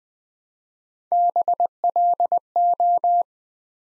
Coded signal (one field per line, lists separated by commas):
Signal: Morse code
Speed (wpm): 20 wpm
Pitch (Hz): 700 Hz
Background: none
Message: BLO